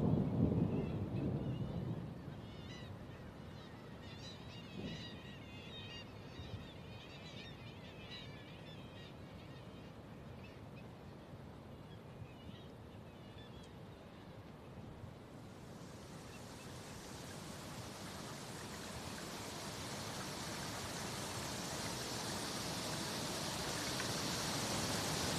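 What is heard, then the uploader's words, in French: Low rumbling ambience with faint bird chirps gives way after fifteen seconds to a bright rushing hiss of water that steadily grows louder. Un cheminement sonore à travers des paysages aquatiques terrestres et souterrains.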